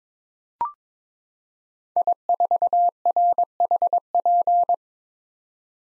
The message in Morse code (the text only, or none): I4RHP